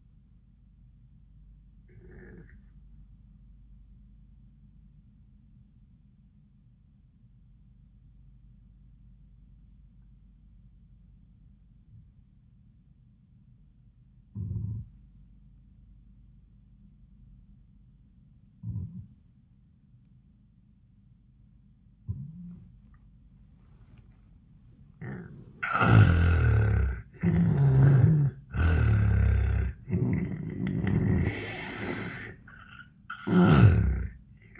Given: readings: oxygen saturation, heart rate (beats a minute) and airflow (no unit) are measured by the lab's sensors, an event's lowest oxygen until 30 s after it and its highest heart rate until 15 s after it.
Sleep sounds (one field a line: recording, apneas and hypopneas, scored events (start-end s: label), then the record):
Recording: breathing in sleep by a smartphone at the bedside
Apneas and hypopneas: 1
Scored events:
3.00-24.30 s: obstructive apnea (N2, oxygen 97% highest, then 77% lowest, heart rate 97 at the start, 97 highest)
From the record:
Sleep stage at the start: N2 (light sleep)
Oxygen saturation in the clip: 80 to 97%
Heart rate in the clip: 76 to 98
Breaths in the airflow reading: 4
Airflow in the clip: -12.9 to 13.0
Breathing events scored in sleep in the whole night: 400 in 8.7 hours asleep